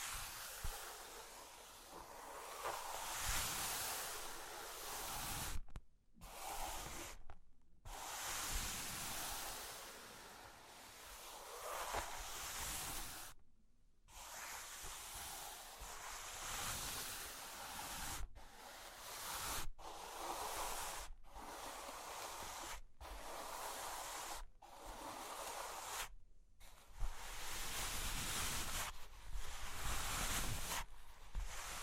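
Steady, dense scratching and tracing over cork and wood, a rough hiss broken by abrupt brief silences every second or few seconds.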